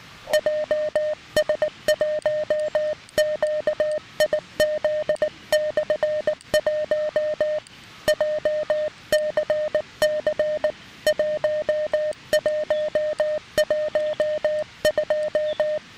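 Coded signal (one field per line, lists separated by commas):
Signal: Morse code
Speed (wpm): 19 wpm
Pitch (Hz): 610 Hz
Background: music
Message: JS1QIZ/1 JCC 1112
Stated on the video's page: Weak 5 W CW with an SW-3B transceiver and paddle from a backpacking camp on the 7 and 10 MHz bands, using a lightweight 5 m wire antenna.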